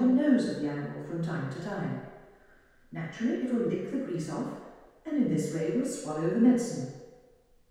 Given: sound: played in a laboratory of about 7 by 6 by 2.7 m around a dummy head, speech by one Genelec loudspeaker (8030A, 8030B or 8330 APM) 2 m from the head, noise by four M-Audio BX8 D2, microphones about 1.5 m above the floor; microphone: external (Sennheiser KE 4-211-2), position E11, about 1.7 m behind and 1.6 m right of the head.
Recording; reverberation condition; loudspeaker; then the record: female speech in English; high; 90 degrees to the left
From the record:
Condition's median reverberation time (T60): about 1300 ms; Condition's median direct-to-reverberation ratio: about -4.0 dB